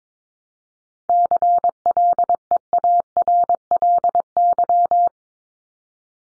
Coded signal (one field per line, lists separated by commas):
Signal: Morse code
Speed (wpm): 22 wpm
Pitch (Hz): 700 Hz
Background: none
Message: CLEARLY